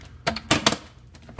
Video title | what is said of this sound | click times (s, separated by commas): Fyfe Home Video | when we put this in and locks in place | 0.5 s, 0.7 s